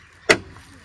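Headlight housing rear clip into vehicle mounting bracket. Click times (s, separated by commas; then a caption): 0.3 s. A new headlight housing for a 2003–2006 Chevy Silverado is lined up on its bracket, and its rear plastic clip is pushed into the truck's mounting point. One loud, sharp pop sounds at 0.3 s as the clip seats into place, with only faint background noise before and after.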